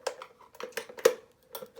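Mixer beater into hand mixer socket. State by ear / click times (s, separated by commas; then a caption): not seated / none. A hand mixer beater is pushed into the big hole of a hand mixer, the wrong socket, producing a series of short sharp clacks and rattles around 0.1, 0.2, 0.6, 0.8, 1.1 and 1.6 seconds. The beater fails to snap into place, and nothing has seated or clicked yet.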